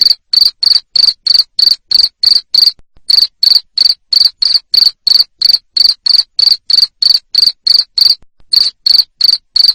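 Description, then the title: Cricket song of sharp, high chirps in a fast regular rhythm, about three each second, pausing briefly twice. Loud cricket chirping played to make lovebirds keep singing. "Suara JANGKRIK NGERIK Keras Bikin LOVEBIRD Jadi NGEKEK Terus Vubey"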